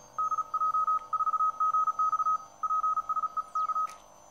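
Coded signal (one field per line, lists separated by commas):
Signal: Morse code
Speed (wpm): 34 wpm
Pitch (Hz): 1270 Hz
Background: none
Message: DJ4GX PSEK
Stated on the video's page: Morse from a $4 Chinese Pixie transceiver kit, built and tested.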